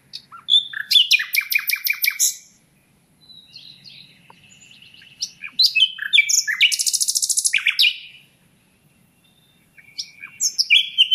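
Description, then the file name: Common nightingale song with repeated notes, a thin sustained whistle, a dense buzzy churr, a pause, then the song resumes. "Luscinia megarhynchos"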